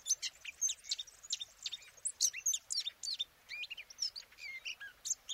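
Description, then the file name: Eurasian blackcap pouring out a loud, rapid warble of mixed whistles and chirps, some notes rising and others falling. "Sylvia atricapilla"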